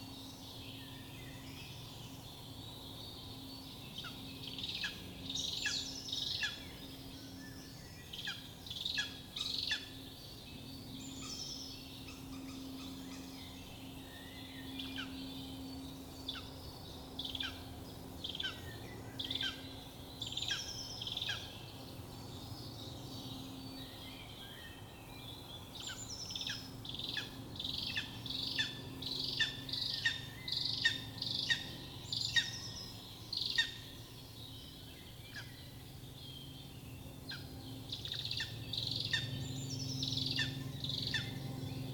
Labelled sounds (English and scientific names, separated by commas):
Lesser Spotted Eagle (Aquila pomarina) call